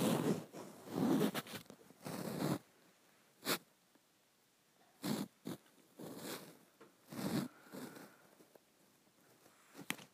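Lotion is squeezed and shaken from the bottom of a bottle in irregular bursts of squelching, rasping sound, with short sharp pops between pauses.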